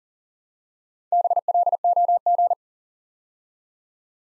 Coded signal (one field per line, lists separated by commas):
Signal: Morse code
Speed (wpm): 42 wpm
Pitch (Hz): 700 Hz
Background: none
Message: BLOG